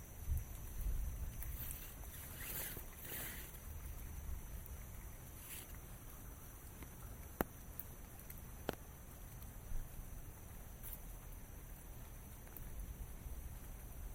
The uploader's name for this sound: Walk in the Rain